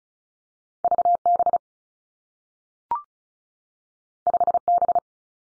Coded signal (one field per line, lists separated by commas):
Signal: Morse code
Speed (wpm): 36 wpm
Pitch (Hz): 700 Hz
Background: none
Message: V B 5 B